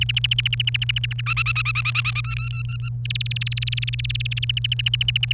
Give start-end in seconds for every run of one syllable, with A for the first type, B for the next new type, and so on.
0.01-1.21 A, 1.26-2.21 B, 2.24-2.89 C, 3.05-4.45 D, 4.49-5.32 A